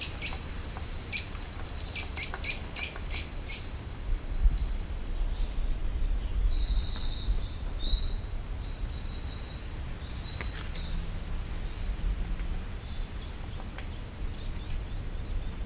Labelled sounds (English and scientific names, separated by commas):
Eurasian Nuthatch (Sitta europaea)